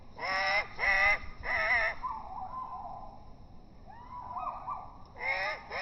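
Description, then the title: Great tit begging calls: three deep, harmonic, wavering notes in quick succession, softer drawn-out warbles in between, then two more strong notes at the end. Juvenile great tit perched on a deck chair backrest, begging for food with trembling wings; can feed itself but prefers being fed; offered soaked dried mealworms; slowed down four times, sounding very dramatic. "Junge Kohlmeise bettelt melodramatisch"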